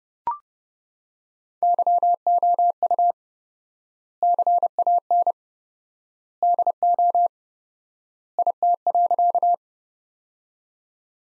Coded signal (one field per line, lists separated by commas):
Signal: Morse code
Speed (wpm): 32 wpm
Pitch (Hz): 700 Hz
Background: none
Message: YOU CAN DO IT.